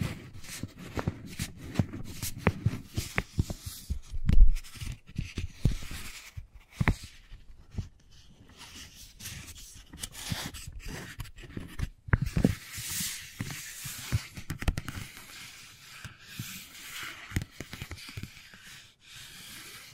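Wooden balls knock and roll in a dense, irregular run of small clicks and taps, with sharper louder knocks near 4 and 12 seconds. A soft scraping rustle sits between the hits, and the activity thins slightly through the middle before picking up again.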